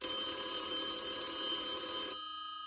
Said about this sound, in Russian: И снова зазвонил телефон.